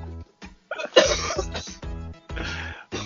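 An adult man coughs, a cough he has had recently.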